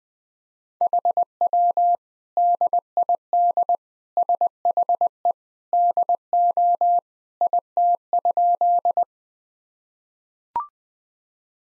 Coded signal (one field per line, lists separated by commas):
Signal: Morse code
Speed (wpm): 21 wpm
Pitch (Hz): 700 Hz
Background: none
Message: HW DID SHE DO IT?